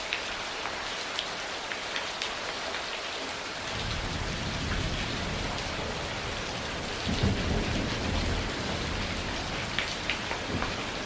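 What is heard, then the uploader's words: Heavy rain pours steadily throughout a thunderstorm, a dense hiss with scattered sharp drips and taps on a surface. Just before four seconds a low rumble swells in underneath and stays, with a deeper roll of thunder around seven to eight seconds. Raging Thunderstorm Soundscape.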